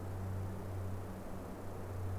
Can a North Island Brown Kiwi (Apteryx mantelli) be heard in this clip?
no